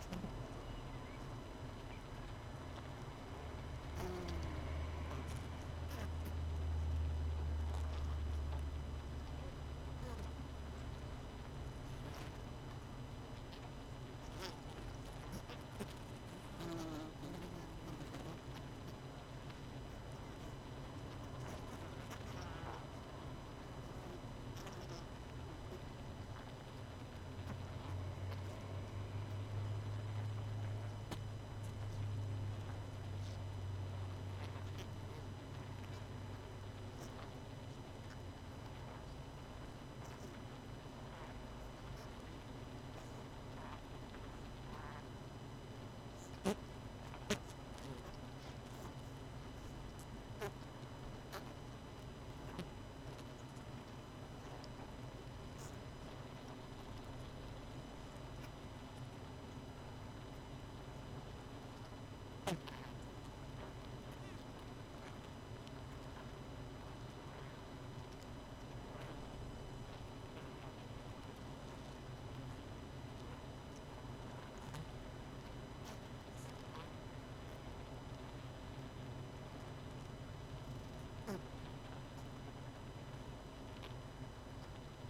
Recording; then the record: honeybee colony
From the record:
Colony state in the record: missing queen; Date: 31 May 2018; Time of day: 19:14